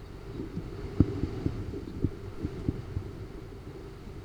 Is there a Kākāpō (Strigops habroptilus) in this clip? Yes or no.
no